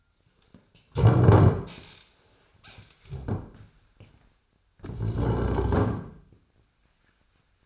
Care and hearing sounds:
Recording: daily activity, microphone in the room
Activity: stand up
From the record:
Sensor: 2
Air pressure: 1007.8 hPa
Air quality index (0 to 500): 179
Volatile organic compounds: 10 ppm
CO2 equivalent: 2202 ppm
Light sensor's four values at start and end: 10/23/10/10 and 10/24/10/10

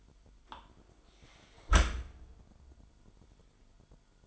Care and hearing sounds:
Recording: daily activity, microphone in the room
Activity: close dishwasher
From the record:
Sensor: 5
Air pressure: 998.3 hPa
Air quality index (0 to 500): 87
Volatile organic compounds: 2 ppm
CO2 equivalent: 990 ppm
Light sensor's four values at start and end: 19/46/19/21 and 19/45/19/21

